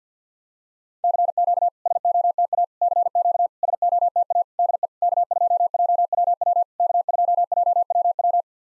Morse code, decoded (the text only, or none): CQ SOTA CQ SOTA DE K2JWW K2JWW